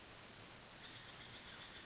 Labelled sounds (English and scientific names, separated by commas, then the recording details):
Western Flycatcher (Empidonax difficilis)
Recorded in Sonoma County, California